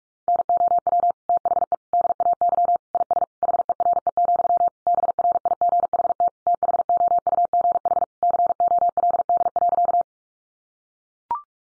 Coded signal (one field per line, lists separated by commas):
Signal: Morse code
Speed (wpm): 44 wpm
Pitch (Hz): 700 Hz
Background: none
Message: NOW THE DAY IS HERE, BRIGHT THOUGH COLD.